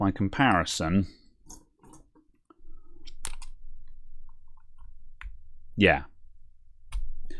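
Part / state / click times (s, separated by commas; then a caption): plug into handheld console port / seated / 6.9 s. A plug is pushed into a different port on a handheld console for comparison, and it clicks home at 6.9 s, firmly seated. The port is worn out but still clicks. Someone talks at the start and again around 6 s, with a few small taps in between.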